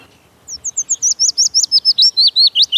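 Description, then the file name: Willow warbler song: a single cascade of clear, slurred whistles, starting thin and high and drifting lower as the notes grow louder. "Piecuszek"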